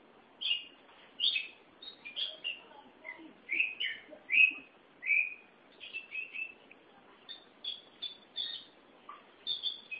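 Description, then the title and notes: Oriental magpie-robin song: a lively stream of whistled notes, downward slurs and short chattering phrases with brief pauses. "Suara Kicauan Burung Kacer Durasi Panjang. Suara kicauan burung kacer format mp3 durasi panjang"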